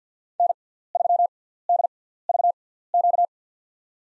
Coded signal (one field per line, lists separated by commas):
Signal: Morse code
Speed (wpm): 50 wpm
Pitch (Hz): 700 Hz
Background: none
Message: N3DVQ